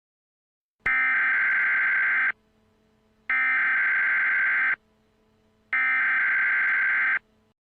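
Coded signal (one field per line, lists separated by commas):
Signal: Emergency Alert System (SAME) tones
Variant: header bursts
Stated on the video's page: Fictional EAS scenario about extreme heat, a simulated alert rather than a real one.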